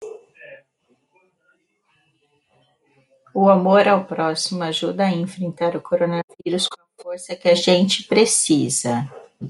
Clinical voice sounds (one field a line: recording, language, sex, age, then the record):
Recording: spoken sentence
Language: Brazilian Portuguese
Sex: female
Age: 30 to 39 years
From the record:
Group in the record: control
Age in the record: 38 years